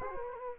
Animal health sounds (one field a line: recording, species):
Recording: mosquito wingbeat signal from an infrared sensor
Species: Culex quinquefasciatus